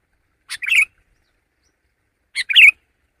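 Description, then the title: Sooty-headed bulbul song: two short clear bubbly phrases about two seconds apart, each with a brief lead-in note. "kutilang"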